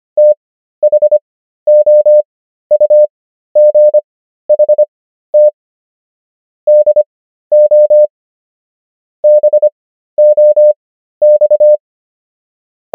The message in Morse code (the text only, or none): THOUGHT DO BOX